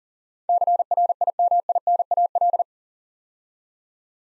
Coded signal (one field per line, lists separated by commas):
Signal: Morse code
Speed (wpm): 42 wpm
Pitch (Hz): 700 Hz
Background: none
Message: CRIMINAL